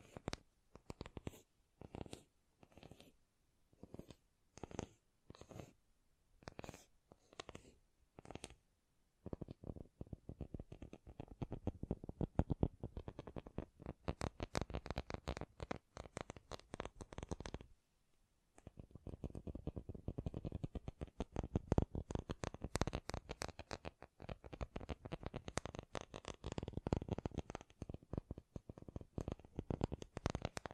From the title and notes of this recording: ASMR Great Tapping Sounds for Sleep (No Talking).